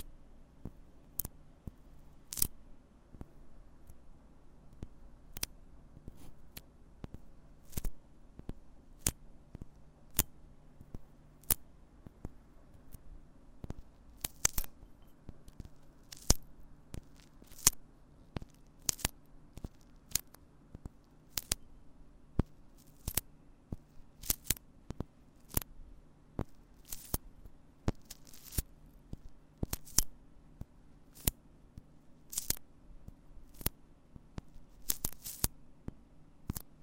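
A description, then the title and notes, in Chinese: Mini-microphone tingle triggers: crisp, snipping clicks like scissor cuts or shutter taps land every second or so throughout, sometimes in quick pairs. A low, steady hum sits underneath, with softer rustles and squishy sounds between the sharp snaps. 迷你麥克風刺痛觸發 | Brain Melting Triggers | NO Talking。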